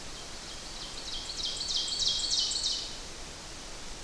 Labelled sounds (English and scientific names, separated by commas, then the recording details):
Ovenbird (Seiurus aurocapilla) song
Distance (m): 20 m
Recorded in boreal forest in Alberta, Canada, on 8 June 2016 at 06:11
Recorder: SongMeter 3, array SBT-3-9
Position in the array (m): 89 m, 89 m
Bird 34